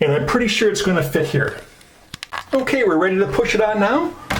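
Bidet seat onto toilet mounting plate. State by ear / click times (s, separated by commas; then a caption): not seated / none. Someone talks while handling a plastic TOTO A100 Washlet bidet seat, getting ready to push it onto the mounting plate on the toilet after adjusting the bracket, with a few brief taps during a pause and near the end. The seat has not clicked onto the mounting plate yet.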